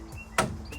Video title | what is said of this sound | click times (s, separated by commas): Storm Door Installation Help. Must Watch!!!! | there it is pops in | 0.4 s